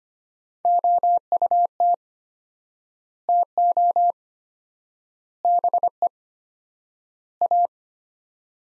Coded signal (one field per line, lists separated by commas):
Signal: Morse code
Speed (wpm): 25 wpm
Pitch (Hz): 700 Hz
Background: none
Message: OUT TO BE A